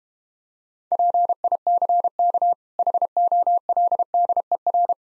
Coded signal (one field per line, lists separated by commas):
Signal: Morse code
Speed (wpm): 32 wpm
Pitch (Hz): 700 Hz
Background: none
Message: PICK HOLDER